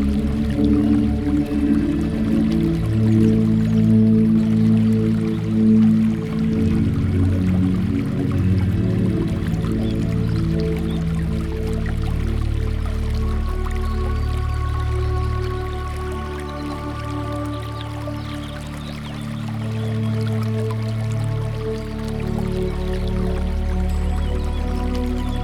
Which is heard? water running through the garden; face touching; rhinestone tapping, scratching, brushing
water running through the garden